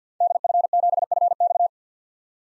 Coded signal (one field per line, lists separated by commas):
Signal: Morse code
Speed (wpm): 50 wpm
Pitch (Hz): 700 Hz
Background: none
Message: DF7FX